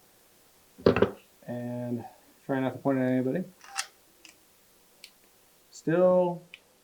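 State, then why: Not seated. Someone talks while handling a modified steel Mec-Gar pistol magazine, being fitted to a Baby Eagle pistol, as it is brought toward the pistol grip's magazine well, with brief sharp handling taps around 3.8, 4.3 and 5.0 seconds. The fit is still a little too tight and needs more filing, and nothing has seated or clicked yet.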